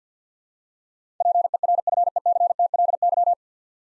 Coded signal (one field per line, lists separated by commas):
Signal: Morse code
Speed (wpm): 50 wpm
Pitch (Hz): 700 Hz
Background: none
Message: PERFECTLY